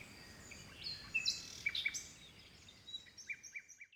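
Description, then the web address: Quiet bird calls: a few thin whistles and chirps come and go, with soft chirps again at the end. Forest birds in a Mediterranean forest by the sea in Greece, early morning in spring. "2019-Game Audio Bundle West Wolf - Seaside Nature And Waves - Nature Forest Birds Wind Early Morning Spring Distant Sea Mediterranean Grece"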